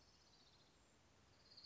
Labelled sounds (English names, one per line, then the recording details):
Orange-crowned Warbler
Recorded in Sonoma County, California